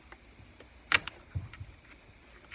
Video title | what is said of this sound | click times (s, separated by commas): Chainsaw Repair Changing Out the Pick Up Line | throttle wire snaps right into place right here | 1.0 s